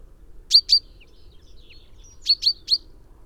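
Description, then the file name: Common Chaffinch: a pair of bright high notes, a pause, then three more in quick succession. "Fringilla coelebs"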